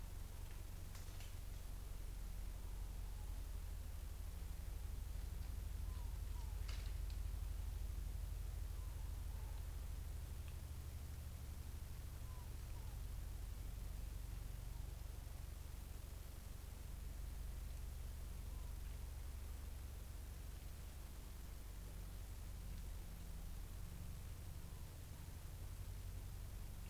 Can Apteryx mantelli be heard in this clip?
no